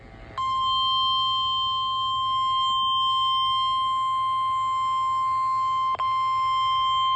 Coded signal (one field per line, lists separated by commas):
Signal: Emergency Alert System (SAME) tones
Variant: 1050 Hz attention tone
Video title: EAS #31 (RWT #4)